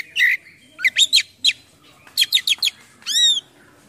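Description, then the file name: Oriental magpie-robin song: scattered loud whistled notes, quick paired chirps, a cluster of short rising calls, then a longer arched whistle. Full song in top singing form (gacor) with a rich repertoire of imitated phrases (full isian, mewah). "KACER GACOR FULL ISIAN MEWAH"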